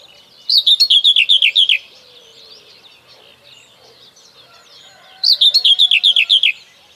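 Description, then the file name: Common whitethroat song: two brisk chattering phrases about five seconds apart, each just over a second long. "Cierniówka"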